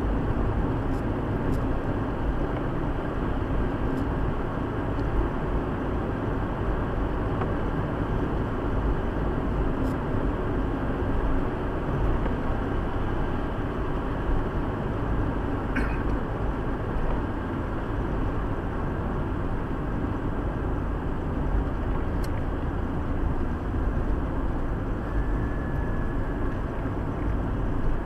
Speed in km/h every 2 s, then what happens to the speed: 85, 86, 86, 87, 86, 87, 87, 84, 81, 78, 75, 73, 71, 68.
0-12 steady at about 86. 12-28 slows to 68.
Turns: none.